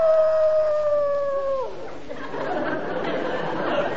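A dog lets out one long, steady howl that holds its pitch and then slides downward as it fades, followed by a rougher wash of mixed background noise.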